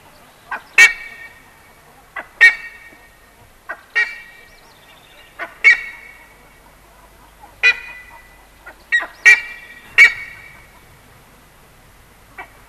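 Buff-necked ibis call: single loud, ringing honks spaced one to two seconds apart, some doubled, against a quiet background.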